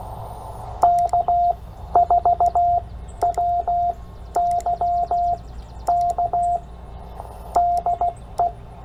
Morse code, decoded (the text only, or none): K4WYK DE